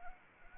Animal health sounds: mosquito wingbeat signal from an infrared sensor; Anopheles arabiensis

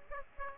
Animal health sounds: mosquito wingbeat signal from an infrared sensor; Aedes aegypti

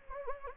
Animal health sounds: mosquito wingbeat signal from an infrared sensor; Anopheles gambiae

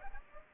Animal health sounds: mosquito wingbeat signal from an infrared sensor; Aedes aegypti

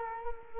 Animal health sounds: mosquito wingbeat signal from an infrared sensor; Culex quinquefasciatus

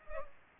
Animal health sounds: mosquito wingbeat signal from an infrared sensor; Culex pipiens

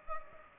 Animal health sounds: mosquito wingbeat signal from an infrared sensor; Culex pipiens

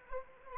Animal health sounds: mosquito wingbeat signal from an infrared sensor; Anopheles arabiensis

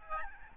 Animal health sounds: mosquito wingbeat signal from an infrared sensor; Aedes albopictus

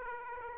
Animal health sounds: mosquito wingbeat signal from an infrared sensor; Aedes aegypti

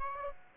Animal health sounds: mosquito wingbeat signal from an infrared sensor; Aedes aegypti

